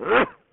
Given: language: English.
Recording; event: throat vibration sensor signal played as sound; cough